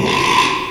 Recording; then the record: squeal of a Yucatan mini pig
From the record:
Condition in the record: after surgery on the right vocal fold (resection and tissue-engineered implant); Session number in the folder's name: 1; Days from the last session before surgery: 6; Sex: male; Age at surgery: 12 weeks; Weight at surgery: 13 kg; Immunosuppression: cyclosporine, prednisolone